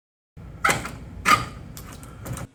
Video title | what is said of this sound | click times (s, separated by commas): 💺Heritage (LC358) Lift Chair Unboxing & Assembly Tutorial | push down and you're gonna hear a click on each side indicating that it's connected | 0.6 s, 1.8 s